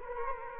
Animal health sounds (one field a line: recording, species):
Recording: mosquito wingbeat signal from an infrared sensor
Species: Culex quinquefasciatus